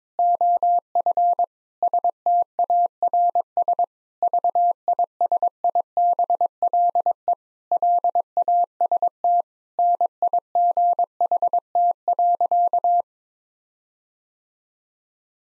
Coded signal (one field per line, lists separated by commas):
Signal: Morse code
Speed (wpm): 22 wpm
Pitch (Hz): 700 Hz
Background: none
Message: OF STARS VISIBLE LAST NIGHT.